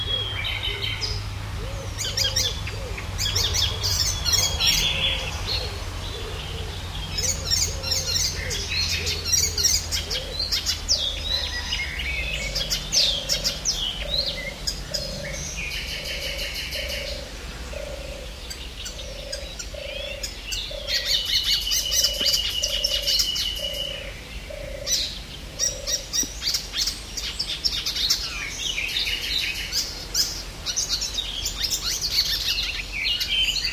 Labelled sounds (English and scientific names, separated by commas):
Icterine Warbler (Hippolais icterina)